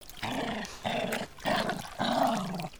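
Dog giving four harsh, growly barks in quick succession, with short gaps between them.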